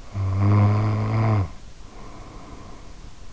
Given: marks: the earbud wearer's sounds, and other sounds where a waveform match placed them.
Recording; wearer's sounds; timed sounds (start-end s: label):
sounds in sleep by an in-ear microphone; snoring breath
0.07-3.08 s: snoring breath